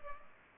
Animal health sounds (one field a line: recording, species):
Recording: mosquito wingbeat signal from an infrared sensor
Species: Culex pipiens